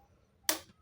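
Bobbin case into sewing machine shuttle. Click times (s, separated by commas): 0.5 s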